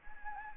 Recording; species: mosquito wingbeat signal from an infrared sensor; Anopheles gambiae